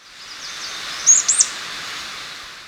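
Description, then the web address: Tawny-rumped tyrannulet calls: a brief burst of three very high, thin notes, the first a sharp slur and the last an arched squeak, over steady background hiss. Recorded in Ecuador. "Birds of Ecuador 2. Tawny-Rumped Tyrannulet"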